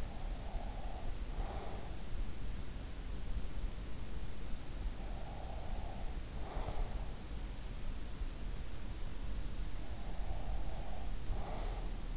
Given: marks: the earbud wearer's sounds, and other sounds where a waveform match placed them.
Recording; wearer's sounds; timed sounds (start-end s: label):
sounds in sleep by an in-ear microphone; breath
0.00-2.15 s: breath
4.64-7.60 s: breath
9.45-12.17 s: breath